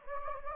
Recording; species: mosquito wingbeat signal from an infrared sensor; Anopheles gambiae